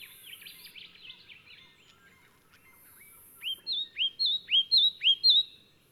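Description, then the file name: Leaden flycatcher calling: a jumble of squeaky notes, then a quick series of sharply rising whistled notes. "Myiagra Rubecula"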